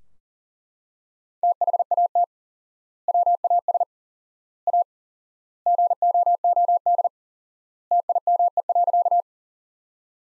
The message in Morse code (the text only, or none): THAT WAS A GOOD TIME.